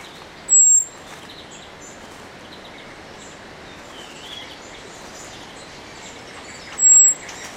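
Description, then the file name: Eurasian blackbird giving two thin, very high whistled calls several seconds apart. "Turdus merula"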